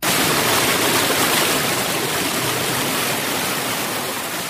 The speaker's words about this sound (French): C'est la rivière Gaseigne, séparant les quartiers Gatunguru et Gahahe, récemment réhabilités. Ses rives et son milieu sont détruits, ce qui inquiète les habitants avoisinants, surtout pendant cette période pluvieuse.